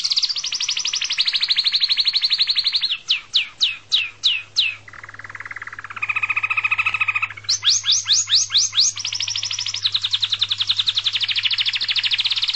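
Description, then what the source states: Domestic canary singing long, rapid, high trills, broken midway by a series of sharp descending notes, a lower buzzy roll and more sharp notes, then returning to fast trilling. Canary song accompanied by guitar music.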